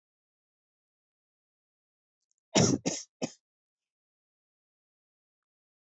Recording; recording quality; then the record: shallow voluntary cough; excellent, no background noise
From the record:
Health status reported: healthy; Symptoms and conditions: none ticked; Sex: male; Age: 37 years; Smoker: not ticked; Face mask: not worn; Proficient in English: yes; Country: India